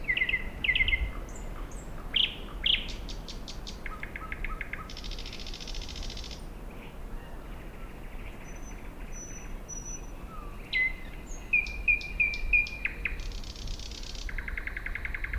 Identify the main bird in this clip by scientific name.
Luscinia luscinia